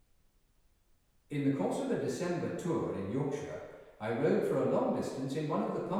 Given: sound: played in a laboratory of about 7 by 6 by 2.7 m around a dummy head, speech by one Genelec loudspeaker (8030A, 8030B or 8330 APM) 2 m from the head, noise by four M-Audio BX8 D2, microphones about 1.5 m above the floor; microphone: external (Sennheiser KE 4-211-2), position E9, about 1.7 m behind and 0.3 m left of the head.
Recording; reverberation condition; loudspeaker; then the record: male speech in English; high; 90 degrees to the right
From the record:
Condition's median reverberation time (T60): about 1300 ms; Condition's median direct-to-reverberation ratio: about -4.0 dB